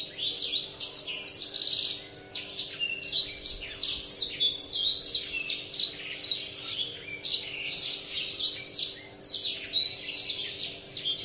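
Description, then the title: Oriental magpie-robin song: a rich, varied run of sweet whistles, quick trills and sharp high notes, delivered almost without pause, over a faint steady low hum. "Kicau Kacer"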